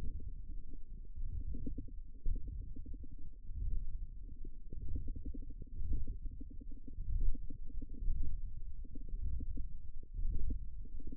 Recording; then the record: forearm muscle sounds (acoustic myography)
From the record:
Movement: ulnar deviation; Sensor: system 1, eight BSWA MPA416 microphones around the upper forearm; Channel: 8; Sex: female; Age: 22 years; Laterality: right